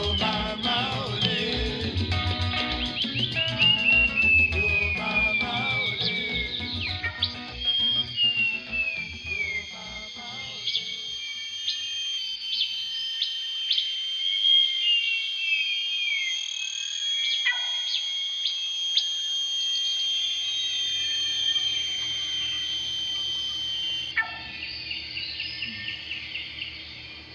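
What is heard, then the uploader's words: Tropical birds whistle and chirp with busy, bright, overlapping calls through the whole stretch, some sliding down in pitch. Low rhythmic music with a steady beat plays under them for the first ten seconds, drops out, then returns faintly after twenty seconds. A 56 minute radio show broadcast in Bristol UK. Congolese Rumba and Tropical Birdsong. Throughout the radio show are the sounds of tropical birds recorded by Jean Roché.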